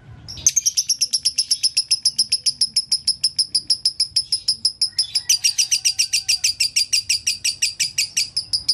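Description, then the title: Lovebird song: a continuous, fast series of sharp, very high chirps, becoming fuller in the second half. Lovebird tutor recording in the konslet song style, used to train other lovebirds. "Masteran Lovebird Konslet"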